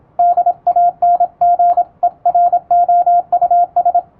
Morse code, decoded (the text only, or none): DANGEROUS